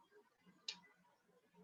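A metal wire hook clasp on a handmade wire bracelet is pushed into the bracelet's end ring. After quiet handling noise, one sharp, bright click at 0.7 s shows the hook snapping into the ring and seating. No one talks.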